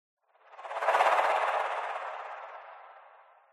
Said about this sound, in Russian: Однако врезались друг в друга машины, а бочка выпадает из кузова и катится по дороге вниз.